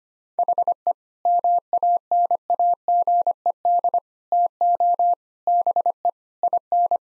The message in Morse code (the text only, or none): HE MANAGED TO BE IN